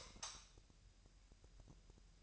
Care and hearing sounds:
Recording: daily activity, microphone in the room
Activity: light off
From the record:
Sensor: 2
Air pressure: 1001.8 hPa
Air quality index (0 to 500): 240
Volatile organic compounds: 31 ppm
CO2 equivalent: 2978 ppm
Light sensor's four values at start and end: 8/22/9/9 and 4/10/4/4

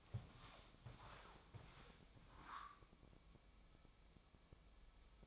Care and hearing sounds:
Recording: daily activity, microphone in the room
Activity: walk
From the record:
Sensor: 1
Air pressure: 1000.5 hPa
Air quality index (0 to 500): 168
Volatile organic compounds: 4 ppm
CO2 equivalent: 1559 ppm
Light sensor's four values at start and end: 11/27/11/13 and 15/36/15/17

